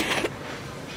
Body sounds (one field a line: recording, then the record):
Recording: coughing mixed with background sound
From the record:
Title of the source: 61 morning phlegmy cough...again